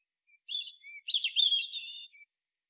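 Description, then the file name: European robin delivering one short song of high twittering notes with a soft low whistle before a rich, tumbling warble. "Erithacus rubecula"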